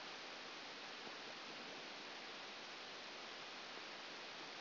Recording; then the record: brain microelectrode recording played as sound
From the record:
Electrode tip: outside the subthalamic nucleus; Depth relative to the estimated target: -6 mm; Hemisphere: left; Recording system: AlphaMap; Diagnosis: Parkinson's disease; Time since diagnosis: 11 years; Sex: female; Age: 60 years